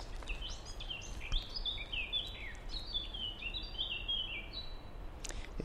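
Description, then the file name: Common blackbird song: a continuous run of quick, varied whistled and squeaky notes, some phrases falling, over a steady background hiss. "merle"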